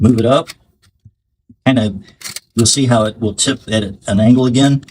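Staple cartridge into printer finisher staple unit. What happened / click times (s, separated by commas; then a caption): The part is being handled and has not clicked into place yet / none. A refill staple cartridge for a Ricoh IM C Series printer is handled at the finisher's staple unit holder, set in and tipped at an angle, while someone talks. A faint tap is heard at about 1.5 s during a pause. Nothing has seated or clicked yet.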